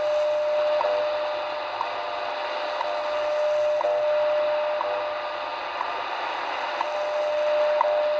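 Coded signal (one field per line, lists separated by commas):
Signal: radio time signal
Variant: WWV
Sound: steady mid tone through static, interrupted by a short tick every second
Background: radio static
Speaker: nice reception of WWV on three frequencies try 25 but see it's propagation is not there for 25 megahertz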